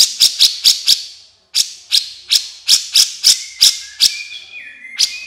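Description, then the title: Horsfield's bush lark song: rapid run of sharp, high clicking chips, a brief pause, then more evenly spaced chips ending with faint thin whistles. Masteran training recording for caged birds, described as very active singing (gacor). "MASTERAN KICAUAN BRANJANGAN GACOR"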